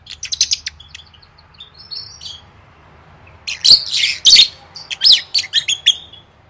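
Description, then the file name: Lovebird squawks: a few soft squeaky notes, a quiet pause, then loud harsh shrieks and chirps in a short burst. "tieng vet mau don"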